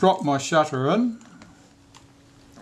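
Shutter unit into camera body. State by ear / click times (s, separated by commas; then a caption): seated / 1.4 s, 2.0 s. Someone talks briefly as a shutter unit is dropped into a metal camera body during reassembly and held loosely in place with the fingers. Two faint, sharp clicks follow at 1.4 s and 2.0 s against a quiet background. The shutter unit is seated in the camera body.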